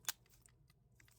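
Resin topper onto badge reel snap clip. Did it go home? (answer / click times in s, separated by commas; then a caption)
yes / 0.1 s. A decorative resin topper is snapped and locked back onto its badge reel clip, giving one sharp, bright click at 0.1 s, followed by a few much fainter small ticks around 0.5, 1.0 and 1.1 s. The topper is seated back on the clip.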